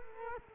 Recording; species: mosquito wingbeat signal from an infrared sensor; Culex quinquefasciatus